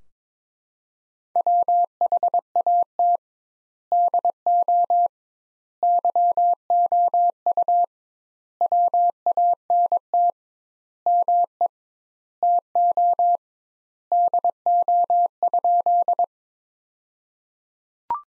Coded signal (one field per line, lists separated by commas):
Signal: Morse code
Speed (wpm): 22 wpm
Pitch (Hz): 700 Hz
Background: none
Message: WHAT DO YOU WANT ME TO DO?